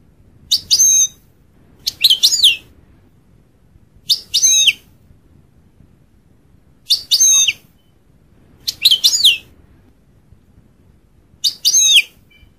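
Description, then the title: European goldfinch giving six brief clusters of sharp twittering notes, separated by silent pauses. "Chant Chardonneret"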